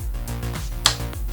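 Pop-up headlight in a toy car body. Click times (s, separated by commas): 0.9 s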